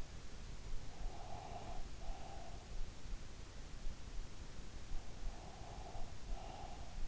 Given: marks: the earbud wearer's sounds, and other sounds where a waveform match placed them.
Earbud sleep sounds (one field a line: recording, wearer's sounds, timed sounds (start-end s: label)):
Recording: sounds in sleep by an in-ear microphone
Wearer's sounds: breath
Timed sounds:
0.72-2.53 s: breath
5.21-7.07 s: breath